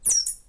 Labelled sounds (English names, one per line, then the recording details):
Stitchbird song
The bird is a male
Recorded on Tiritiri Matangi Island, New Zealand, in 2005
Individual 2, of nest box 2